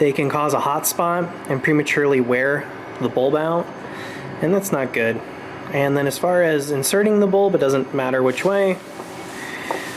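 A replacement wedge brake/tail light bulb is handled at its plastic socket on a 2005–2015 Toyota Tacoma tail light assembly while someone talks over a steady background hum, with a brief sharp sound at about 9.7 s. The bulb has not yet been pushed home, and nothing has seated or clicked yet.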